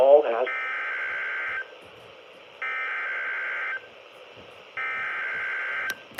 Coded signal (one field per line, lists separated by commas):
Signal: Emergency Alert System (SAME) tones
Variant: header bursts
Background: speech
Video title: Severe thunderstorm warning (EAS #134) ( KHA99 ) 4-23-21 at 9:12PM